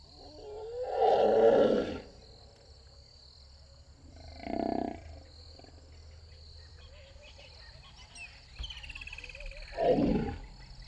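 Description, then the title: Hippopotamus calls, three harsh honking bursts a few seconds apart, with a steady insect hum behind. Hippo pool by a river in Kruger National Park, savanna ambience, heard from an overlooking hide on 18 February 2008. "Hyppopool de Shipendani"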